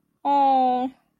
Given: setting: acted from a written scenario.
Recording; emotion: vocal sound without words; distress